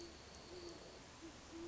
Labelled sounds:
Great Horned Owl
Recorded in Sonoma County, California

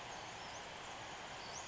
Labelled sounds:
Western Flycatcher
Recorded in Sonoma County, California

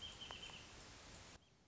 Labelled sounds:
Wrentit
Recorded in Sonoma County, California

